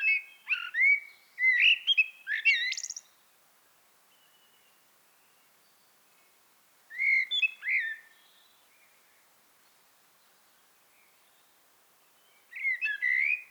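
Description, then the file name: Common blackbird singing several phrases of mellow warbled whistles with thin, high twittering notes, separated by long quiet pauses. "Turdus merula"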